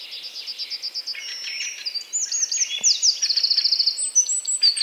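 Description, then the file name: Eurasian wren delivering a fast, energetic run of piercing high notes and rattling trills, tumbling from steady ticking into sharp buzzy bursts. "Troglodytes troglodytes"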